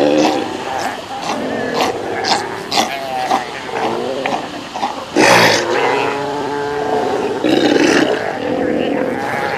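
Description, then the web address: South American sea lion calls: harsh bleats and groans, with louder bursts around five and eight seconds. "earth naturelibrary assets s so south american sea lion"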